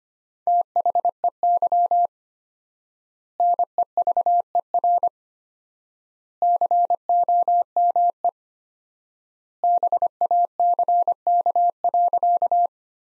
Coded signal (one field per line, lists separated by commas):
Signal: Morse code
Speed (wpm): 25 wpm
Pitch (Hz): 700 Hz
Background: none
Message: THEY NEVER COME BACK.